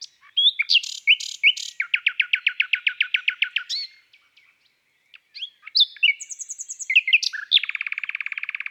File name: Rossignol philomele Chants doiseaux des bois et des forets